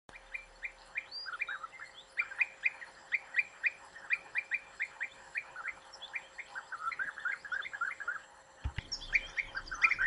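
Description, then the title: European bee-eater calls: short, rolling, mid-pitched notes repeated at a brisk, uneven pace, a sharp knock near the end, then busier overlapping calls. "Abejaruco Europeo"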